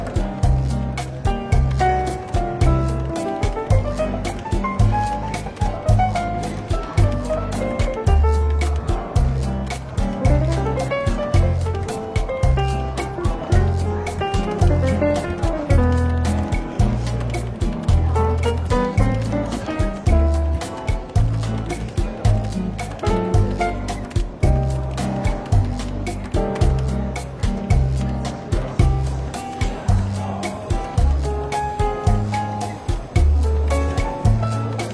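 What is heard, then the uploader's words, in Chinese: Soft, relaxed jazz plays in a bookshop café, with a walking bass line and steady brushed drums keeping an even beat throughout. Gentle melodic lines drift over the top, and a light murmur of chatter sits faintly underneath the music. 伦敦书店咖啡馆轻微喧闹氛围与柔和轻松的爵士背景音乐。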